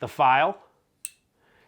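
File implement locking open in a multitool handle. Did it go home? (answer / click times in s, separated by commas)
yes / 1.0 s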